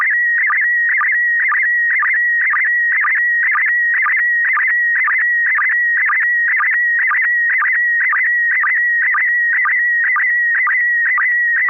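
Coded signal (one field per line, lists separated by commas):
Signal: SSTV (slow-scan television)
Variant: PD120 mode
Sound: steady high whistle with rhythmic chirpy warbles about twice a second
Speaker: affirmative this is going to be uh pd1 120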